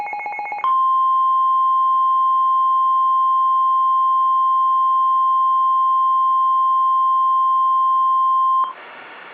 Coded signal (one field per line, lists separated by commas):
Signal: Emergency Alert System (SAME) tones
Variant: 1050 Hz attention tone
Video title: The Derecho that will change lives… EAS MOCK number 2